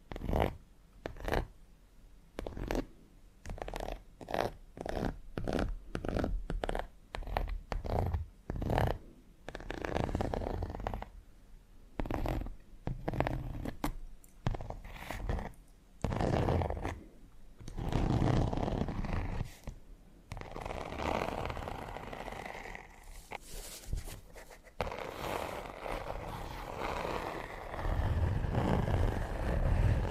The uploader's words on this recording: TimASMR-Needle Fingers & Textured Leather Scratching (NO TALKING).